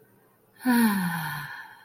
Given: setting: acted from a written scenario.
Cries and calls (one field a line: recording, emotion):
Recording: vocal sound without words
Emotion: ecstasy